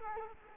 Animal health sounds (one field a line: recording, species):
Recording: mosquito wingbeat signal from an infrared sensor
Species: Culex quinquefasciatus